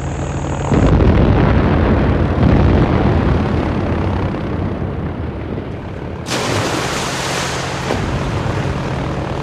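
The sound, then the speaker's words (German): A loud, continuous rumbling airship engine drone with heavy booming blasts of bombs exploding below, the roar broad and dense throughout, brightening into a harsher hiss in the last few seconds. “Unter uns knallte es weiter, die Bomben, die Caligula der deutschen Flotte zugedacht hatte.”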